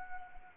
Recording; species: mosquito wingbeat signal from an infrared sensor; Anopheles arabiensis